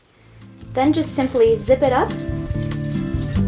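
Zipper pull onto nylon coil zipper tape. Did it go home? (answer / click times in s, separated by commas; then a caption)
yes / 0.6 s. A zipper pull (slider) is pushed onto the raw end of a nylon-coil zipper tape until it engages the coil, clicking onto the tape at 0.6 s. Someone talks over background music, and the pull seats on the tape.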